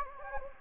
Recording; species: mosquito wingbeat signal from an infrared sensor; Anopheles gambiae